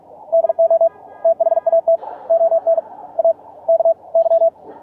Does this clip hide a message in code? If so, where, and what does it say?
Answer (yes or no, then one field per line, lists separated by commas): yes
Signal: Morse code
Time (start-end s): 0.3-4.5 s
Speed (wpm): 48 wpm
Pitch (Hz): 660 Hz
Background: radio noise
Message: DO THAT ON A K Y